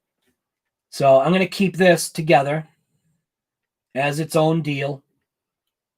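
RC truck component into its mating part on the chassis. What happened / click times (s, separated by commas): Handled, not yet home: no seating click, only talk / none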